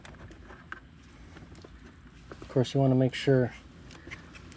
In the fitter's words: All right, now we'll get this one snapped into place.